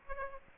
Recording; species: mosquito wingbeat signal from an infrared sensor; Aedes aegypti